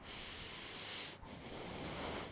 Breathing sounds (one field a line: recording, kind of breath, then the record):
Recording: one breath in and out by a microphone near the nose and mouth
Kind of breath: deep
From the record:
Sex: male